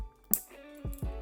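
The metal clasp tongue of a C4G Miami Cuban link bracelet is pressed back into its box clasp and shuts with one sharp snap at 0.3 s, then stays stuck in place. Two softer knocks follow at about 0.9 and 1.0 s over a faint, steady tonal hum.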